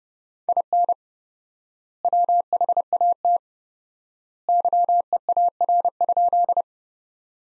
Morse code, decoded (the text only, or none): IN WHAT YEAR?